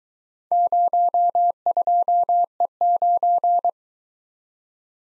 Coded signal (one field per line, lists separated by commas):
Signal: Morse code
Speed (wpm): 22 wpm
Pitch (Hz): 700 Hz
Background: none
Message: 02E9